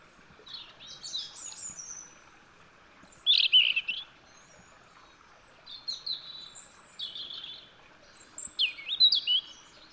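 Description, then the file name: European robin song of varied high phrases, some sweet and sliding, others scratchy and trilled, delivered in bursts separated by short pauses. "Erithacus rubecula"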